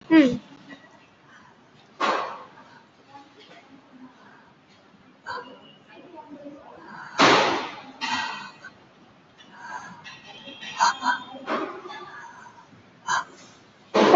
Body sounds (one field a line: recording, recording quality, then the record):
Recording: shallow breathing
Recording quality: moderate, slight background noise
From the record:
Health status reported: COVID-19 positive, mild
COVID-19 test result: positive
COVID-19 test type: RT-PCR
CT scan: taken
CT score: 5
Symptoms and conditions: cough, breathing difficulty, sore throat, fatigue, muscle pain, loss of smell and taste, hypertension, another condition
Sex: female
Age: 75 years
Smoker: no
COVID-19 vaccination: both doses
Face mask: not worn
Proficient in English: yes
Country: India